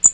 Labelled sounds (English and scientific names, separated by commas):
Blackpoll Warbler (Setophaga striata) flight call